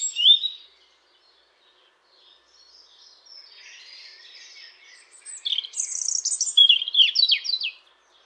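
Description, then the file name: European robin giving high thin chirps and twittering notes, a brief sharp call at the start and a louder burst of rapid scratchy notes near the end. "Erithacus rubecula"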